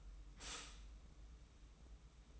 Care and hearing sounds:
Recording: daily activity, microphone in the room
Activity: stop toaster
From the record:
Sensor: 1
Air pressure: 990.7 hPa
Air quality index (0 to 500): 145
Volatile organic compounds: 913 ppm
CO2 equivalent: 5218 ppm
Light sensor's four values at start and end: 28/66/28/30 and 28/66/28/30

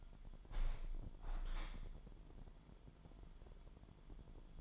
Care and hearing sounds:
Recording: daily activity, microphone in the room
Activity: open window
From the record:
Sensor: 5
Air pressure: 998.7 hPa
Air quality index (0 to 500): 106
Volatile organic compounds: 2 ppm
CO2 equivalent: 1224 ppm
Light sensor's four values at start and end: 58/143/59/67 and 57/142/59/67

